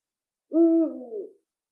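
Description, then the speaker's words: Eurasian eagle-owl calling one low, resonant hoot that starts level and strong, then falls and trembles as it dies away. Recording of an eagle-owl calling in the Jokioinen area, played on air. "Näin äänteli huuhkaja tässä näillä jokioisten kulmilla"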